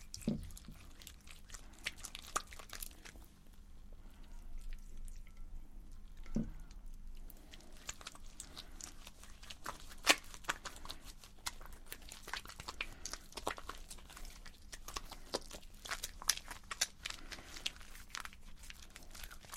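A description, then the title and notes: Soap being diced: a dense run of short, crisp clicks and crunchy cuts, irregular but nearly continuous after the first few seconds. A few louder knocks stand out near the start, around six seconds and at ten. A faint low hum sits underneath throughout. ASMR The Lush Store Roleplay - Dicing Soaps.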